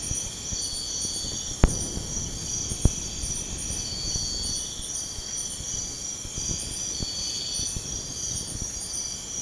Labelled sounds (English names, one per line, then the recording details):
none
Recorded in pastures near Puerto Asís, Putumayo, Colombia, on 22 June 2025 at 03:00
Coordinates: 0.496, -76.326
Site GP01